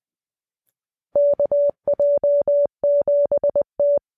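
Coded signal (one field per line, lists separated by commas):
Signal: Morse code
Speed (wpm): 20 wpm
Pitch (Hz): 580 Hz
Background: none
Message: KJ7T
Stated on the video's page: Morse code clip made with a Morse Code Translator for a podcast.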